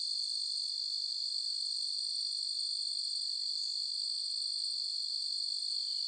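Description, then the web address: Cricket chorus of many overlapping high chirps, blending into a constant shrill shimmer with no pauses for the whole stretch. Forest nature ambience with crickets and insects. "SFXBible ambience-nature-forest-birds-crickets-insects"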